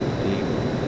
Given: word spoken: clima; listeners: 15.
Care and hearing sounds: one Spanish word in noise, from a listening test; speech-shaped noise; -5.3 dB; 0 of 15; 6 of 15; 0.48 s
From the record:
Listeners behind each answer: 6, 2, 1, 1, 1, 1, 1, 1, 1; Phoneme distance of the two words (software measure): 34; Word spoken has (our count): 2 syllables, 5 phonemes, stress on syllable 1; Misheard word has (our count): 2 syllables, 5 phonemes, stress on syllable 1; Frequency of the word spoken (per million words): 49.31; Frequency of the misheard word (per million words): 216.67

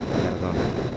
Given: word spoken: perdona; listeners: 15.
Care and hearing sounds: one Spanish word in noise, from a listening test; noise modulated by three-talker babble; -4.3 dB; 1 of 15; 11 of 15; 0.57 s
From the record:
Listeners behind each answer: 11, 1, 1, 1, 1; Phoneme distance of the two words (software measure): 7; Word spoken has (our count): 3 syllables, 7 phonemes, stress on syllable 2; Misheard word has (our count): 2 syllables, 6 phonemes, stress on syllable 2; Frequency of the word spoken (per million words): 9.30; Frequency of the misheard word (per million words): 23.72

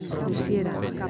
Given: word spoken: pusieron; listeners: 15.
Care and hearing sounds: one Spanish word in noise, from a listening test; eight-talker babble; -1.7 dB; 1 of 15; 9 of 15; 0.70 s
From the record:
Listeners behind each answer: 9, 2, 1, 1, 1, 1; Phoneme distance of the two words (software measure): 10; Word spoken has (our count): 3 syllables, 8 phonemes, stress on syllable 2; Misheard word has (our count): 3 syllables, 8 phonemes, stress on syllable 2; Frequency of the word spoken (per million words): 24.33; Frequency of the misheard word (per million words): 2.93

